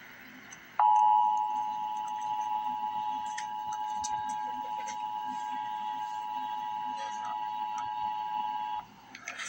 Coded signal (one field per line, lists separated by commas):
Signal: Emergency Alert System (SAME) tones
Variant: 853 and 960 Hz attention tone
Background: speech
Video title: Emergency Alert System - Wind Advisory - Dec 29, 2024 at 3:05 AM EST